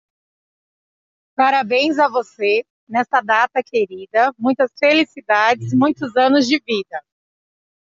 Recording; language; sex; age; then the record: short text; Brazilian Portuguese; female; 30 to 39 years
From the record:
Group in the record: control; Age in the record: 34 years